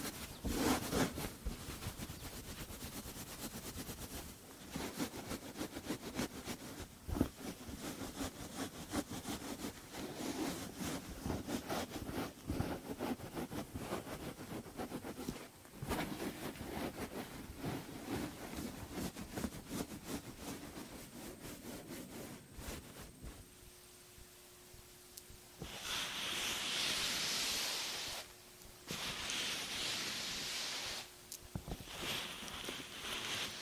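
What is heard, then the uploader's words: A head spa session: for the first twenty-odd seconds there is dense, rapid crackling and scratching, like hair being brushed and scrubbed. It then quiets to a low steady hum, and from about 25 seconds two long bursts of loud steam hiss follow. TimASMR-First Person Head Spa Hair Wash, Brushing, Oil Ear Massage, Steam Mask (no talking).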